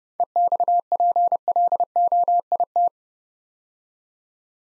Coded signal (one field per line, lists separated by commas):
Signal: Morse code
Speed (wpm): 30 wpm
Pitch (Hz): 700 Hz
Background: none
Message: EXPLOIT